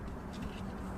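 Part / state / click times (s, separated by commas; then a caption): microSD card into dash cam card slot / not seated / none. A microSD memory card is handled at the card slot on the top of a dash cam, with only a steady low hum and faint handling noise heard over the second. Nothing has seated or clicked yet.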